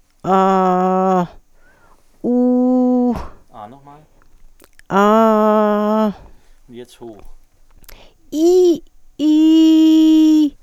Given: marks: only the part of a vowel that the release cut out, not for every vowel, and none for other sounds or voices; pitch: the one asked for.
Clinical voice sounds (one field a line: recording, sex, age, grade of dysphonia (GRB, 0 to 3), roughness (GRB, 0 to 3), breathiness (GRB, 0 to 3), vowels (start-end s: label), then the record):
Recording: sustained vowels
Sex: female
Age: 40 to 49 years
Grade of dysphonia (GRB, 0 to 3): 0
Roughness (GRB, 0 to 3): 0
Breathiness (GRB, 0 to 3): 0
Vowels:
0.34-1.19 s: vowel /a/, low pitch
2.31-3.07 s: vowel /u/, low pitch
9.25-9.93 s: vowel /i/, high pitch
From the record:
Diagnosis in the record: recurrent laryngeal nerve paralysis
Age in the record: 49 years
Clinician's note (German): Restparese rechts nach Strumektomie mit hyperfunktioneller Kompensation